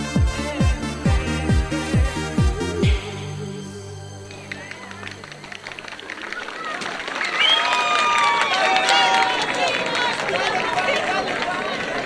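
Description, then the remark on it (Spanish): A dense murmur of many overlapping voices fills the crowded central courtyard of the Colegio República del Chenco on the day of its school theatre festival, steady and fairly loud, with some higher excited calls, after a few seconds of rhythmic low thumping at the start. “El patio central del colegio estaba abarrotado de gente.”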